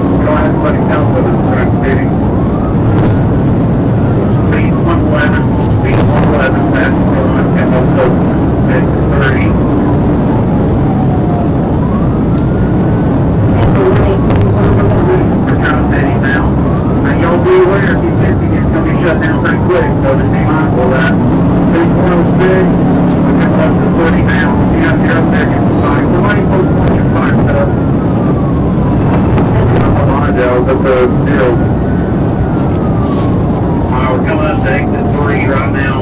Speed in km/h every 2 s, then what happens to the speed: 182, 179, 180, 184, 184, 177, 174, 175, 175, 175, 179, 188, 188, 187, 184, 177, 171, 156.
0-13 slows to 174. 13-25 speeds up to 188. 25-36 slows to 156.